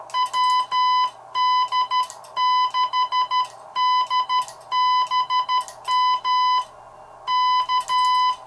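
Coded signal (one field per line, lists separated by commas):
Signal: Morse code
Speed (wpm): 13 wpm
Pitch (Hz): 1000 Hz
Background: none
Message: WD6DBM K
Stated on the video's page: Straight Key Night CQ call sent with a mechanical semi-automatic bug on a modified vintage Heathkit HW-16.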